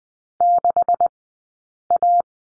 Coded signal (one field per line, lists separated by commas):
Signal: Morse code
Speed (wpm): 20 wpm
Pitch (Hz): 700 Hz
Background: none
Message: 6A